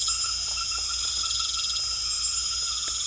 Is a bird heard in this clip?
no